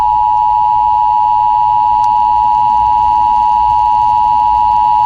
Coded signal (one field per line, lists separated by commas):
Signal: Emergency Alert System (SAME) tones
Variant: 853 and 960 Hz attention tone